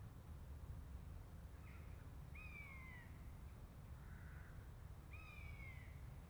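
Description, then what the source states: Buzzard mewing calls, a few drawn-out downslurred cries with fainter ones between, over a steady low rumble of background noise. A pair of buzzards.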